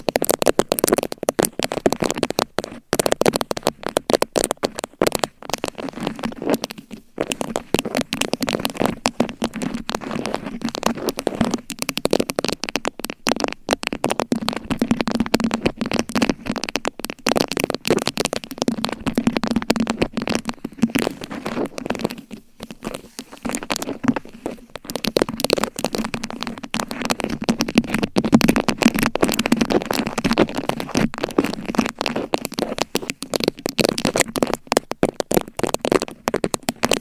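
Mic scratching rasps on without pause, dense and crackly, with a low rumbling scrape underneath and brief silent gaps scattered throughout.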